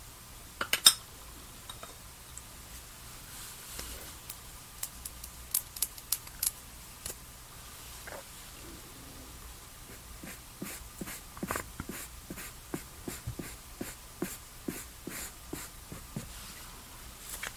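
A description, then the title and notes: Skincare and makeup sounds: a string of short, sharp clicks and taps, scattered through the first half and bunching into quicker runs after about ten seconds. A louder cluster of clicks lands near the one-second mark, over a faint steady hum underneath. TimASMR-Doing Your Summer Skincare Routine and Makeup Sounds NO TALKING.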